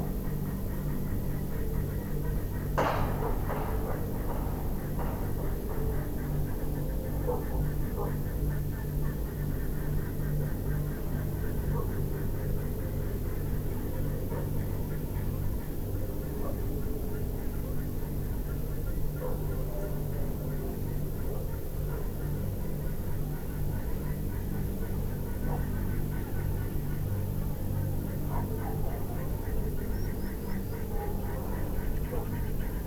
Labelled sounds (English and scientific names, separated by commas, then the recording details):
Common Sandpiper (Actitis hypoleucos)
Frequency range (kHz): Common Sandpiper (Actitis hypoleucos) 4.4-6.0 kHz
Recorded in France